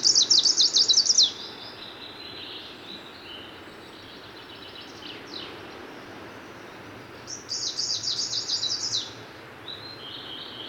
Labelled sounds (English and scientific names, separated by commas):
Greenish Warbler (Phylloscopus trochiloides) song